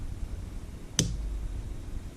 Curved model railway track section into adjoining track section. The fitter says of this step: But when you connect these, listen for the snap.